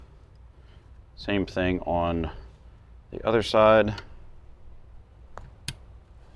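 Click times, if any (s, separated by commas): 5.7 s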